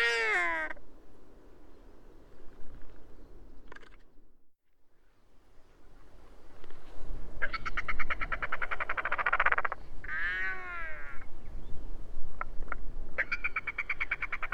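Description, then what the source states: Royal albatrosses calling in a group: a brief wail, a near-silent pause, then loud rattling brays and an arched moaning call, ending with further rattles and clicks. Several birds singing together.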